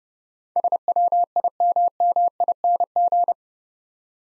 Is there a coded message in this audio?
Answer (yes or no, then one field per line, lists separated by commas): yes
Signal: Morse code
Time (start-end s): 0.6-3.3 s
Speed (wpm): 29 wpm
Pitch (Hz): 700 Hz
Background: none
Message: SWIMMING